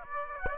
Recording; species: mosquito wingbeat signal from an infrared sensor; Aedes aegypti